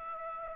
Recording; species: mosquito wingbeat signal from an infrared sensor; Aedes aegypti